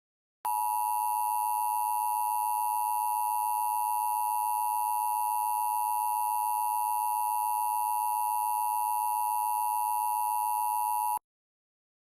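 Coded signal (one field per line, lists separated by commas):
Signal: Emergency Alert System (SAME) tones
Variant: 853 and 960 Hz attention tone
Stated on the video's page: Fictional EAS scenario containing valid EAS tones.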